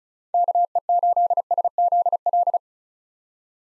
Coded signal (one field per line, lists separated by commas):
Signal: Morse code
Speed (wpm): 34 wpm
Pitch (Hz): 700 Hz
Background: none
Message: KE8SZL